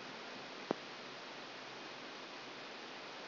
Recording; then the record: brain microelectrode recording played as sound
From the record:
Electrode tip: outside the subthalamic nucleus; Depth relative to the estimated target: 4 mm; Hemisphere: left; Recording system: AlphaMap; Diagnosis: Parkinson's disease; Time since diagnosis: 10 years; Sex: female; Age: 63 years